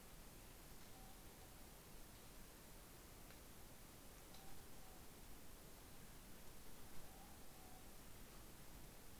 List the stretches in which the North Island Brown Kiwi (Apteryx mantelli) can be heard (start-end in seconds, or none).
none